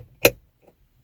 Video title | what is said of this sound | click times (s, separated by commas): How to replace rear view mirror in Kia Sportage | Next, reconnect the electrical connector and make sure it locks into place. | 0.2 s